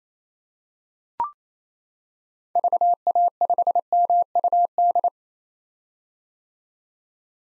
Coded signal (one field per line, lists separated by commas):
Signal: Morse code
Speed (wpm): 28 wpm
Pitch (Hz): 700 Hz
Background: none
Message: VA5MUD